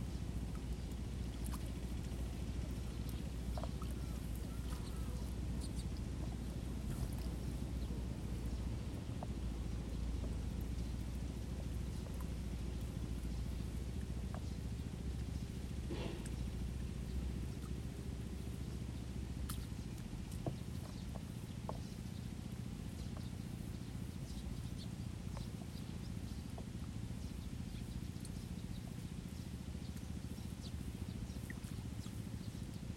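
Water sounds over a rice paddy carry on steadily while sparrows chirp busily, their short bright calls scattered throughout. A low, even rumble fills the bottom throughout, stronger in the first half, and a few sharper knocks and splashes stand out, one near sixteen seconds.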